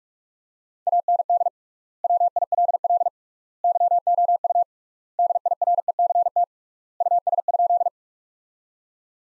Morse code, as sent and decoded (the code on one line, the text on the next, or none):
.- -. -.. / .-- .. .-.. .-.. / -.-- --- ..- / -.. .. .-. . -.-. - / ..- ... ..--..
AND WILL YOU DIRECT US?